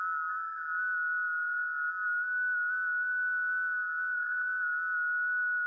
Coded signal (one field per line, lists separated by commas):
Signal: FT8